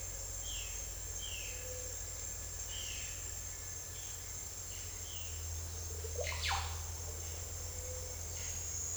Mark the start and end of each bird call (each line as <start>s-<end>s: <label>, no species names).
0.35s-2.00s: bird call
2.62s-3.24s: bird call
4.67s-5.42s: bird call
5.88s-6.79s: bird call
7.71s-8.14s: bird call